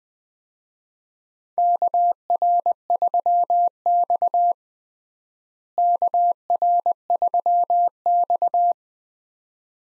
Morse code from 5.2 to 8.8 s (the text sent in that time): KR3X